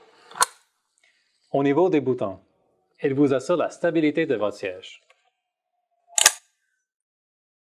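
An AquaSense folding bath seat frame is unfolded, and its spring buttons lock into place with a sharp click at 0.4 s, giving the seat its stability. Someone talks between 1.5 and 5 s, and another sharp snap is heard at about 6.2 s.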